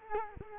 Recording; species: mosquito wingbeat signal from an infrared sensor; Culex quinquefasciatus